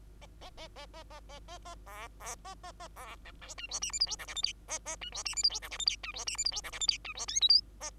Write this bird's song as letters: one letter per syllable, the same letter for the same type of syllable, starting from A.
A A A A A A A A A B B A A A B C D E F G H I J K L M N A A E F G H I J K L M N E F G H I J K L M N E F O P Q A